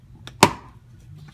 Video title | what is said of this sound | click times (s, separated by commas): Oil Change 2012 Dodge Charger SE Plus a Little Car Talk | if you can get it down straight into there should snap right into place | 0.3 s, 0.4 s